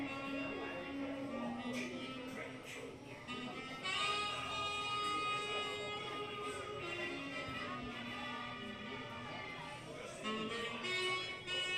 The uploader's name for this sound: Mickey's Toon Town, Disneyland Binaural Recording